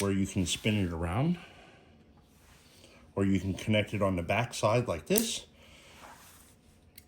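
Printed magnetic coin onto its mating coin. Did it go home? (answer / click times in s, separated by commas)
yes / 7.0 s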